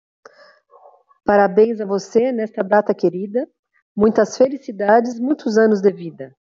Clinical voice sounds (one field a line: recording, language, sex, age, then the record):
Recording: short text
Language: Brazilian Portuguese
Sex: female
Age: 50 to 59 years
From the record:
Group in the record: control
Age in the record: 54 years